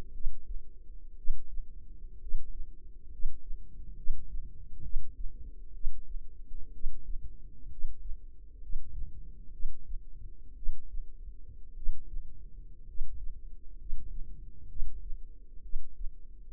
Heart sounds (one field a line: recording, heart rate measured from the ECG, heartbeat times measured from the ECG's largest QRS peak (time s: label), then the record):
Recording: heart sounds by microphone in the left ear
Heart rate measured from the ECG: 62 bpm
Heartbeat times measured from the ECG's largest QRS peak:
0.13 s: heartbeat
1.16 s: heartbeat
2.20 s: heartbeat
3.10 s: heartbeat
3.95 s: heartbeat
4.82 s: heartbeat
5.73 s: heartbeat
6.72 s: heartbeat
7.69 s: heartbeat
8.60 s: heartbeat
9.51 s: heartbeat
10.55 s: heartbeat
11.75 s: heartbeat
12.85 s: heartbeat
13.77 s: heartbeat
14.67 s: heartbeat
15.61 s: heartbeat
From the record:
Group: healthy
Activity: rest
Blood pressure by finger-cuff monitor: 102/50 mmHg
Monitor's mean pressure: 62 mmHg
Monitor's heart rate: 65 bpm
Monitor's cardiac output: 5.7 L/min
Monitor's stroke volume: 90 mL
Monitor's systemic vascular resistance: 760 dyn s/cm5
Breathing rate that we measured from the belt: 12 breaths a minute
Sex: male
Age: 25 years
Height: 170 cm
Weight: 70.4 kg